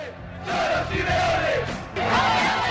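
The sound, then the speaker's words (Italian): A large crowd of Atlético Madrid fans chants '11 Simeone' loudly in unison, saluting Simeone as he left football; their massed voices hold sustained, rising tones, briefly dipping before surging back in full force. “Questi sono i tifosi dell'Atletico Madrid che salutavano Simeone che abbandonava il calcio.”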